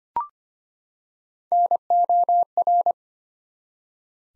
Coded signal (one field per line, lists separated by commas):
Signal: Morse code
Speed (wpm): 25 wpm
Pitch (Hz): 700 Hz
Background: none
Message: NOR